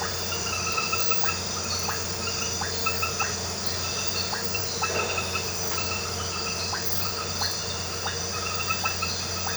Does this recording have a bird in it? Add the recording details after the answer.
no. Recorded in pastures near Puerto Asís, Putumayo, Colombia, on 9 March 2025 at 22:00. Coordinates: 0.466, -76.322. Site CSA-02